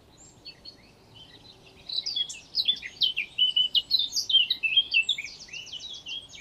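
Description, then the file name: Eurasian blackcap song beginning after a quiet start: lively warbling notes building to a quick run of high, repeated notes at the close. "Sylvia atricapilla"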